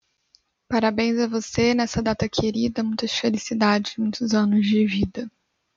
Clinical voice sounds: short text; Brazilian Portuguese; female; 20 to 29 years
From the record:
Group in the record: control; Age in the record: 29 years

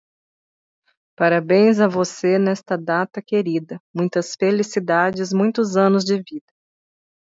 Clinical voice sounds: short text; Brazilian Portuguese; female; 40 to 49 years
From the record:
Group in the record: control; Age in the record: 41 years

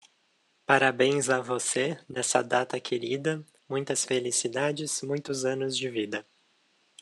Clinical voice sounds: short text; Brazilian Portuguese; male; 20 to 29 years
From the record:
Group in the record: control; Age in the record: 26 years

